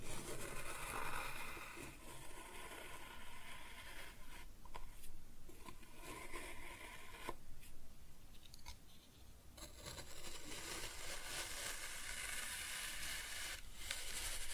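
Kinetic sand being cut and scooped, with a steady, dense grainy rustle and crunch that runs throughout. Sharp short strokes and clicks break through around the fifth, seventh and tenth seconds, and the texture grows brighter and hissier in the final few seconds.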